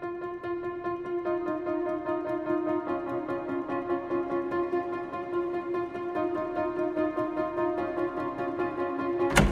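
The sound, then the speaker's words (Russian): A steady, layered musical drone plays throughout, then a single loud, sharp bang of a door slamming shut, as a woman steps out onto a stairwell landing, cuts in right at the very end. “Хлопнула дверь, и на лестничную площадку вышла женщина, перепоясанная противогазной сумкой.”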